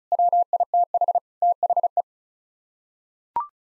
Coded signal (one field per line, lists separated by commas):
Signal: Morse code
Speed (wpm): 36 wpm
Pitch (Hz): 700 Hz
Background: none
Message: WITH THE